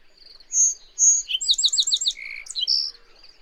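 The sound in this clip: Songbird singing a high, varied phrase: two clear whistles, then a quick run of six or so sliding notes, a lower buzzy note and a bright closing flourish.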